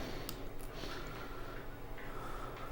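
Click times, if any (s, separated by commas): 0.3 s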